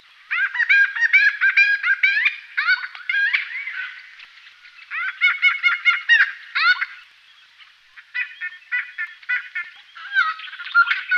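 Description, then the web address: Noisy friarbird: loud, raucous chattering phrases of jerky, laughing notes, delivered in bouts separated by short gaps. Canberra garden. "canberra-garden-birds honeyeaters noisy-friarbird"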